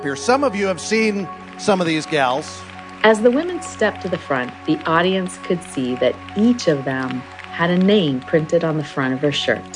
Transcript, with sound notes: Some of you have seen some of these gals. (applause)
As the ladies stepped to the front, the audience could see that each of them had a name printed on the front of her shirt.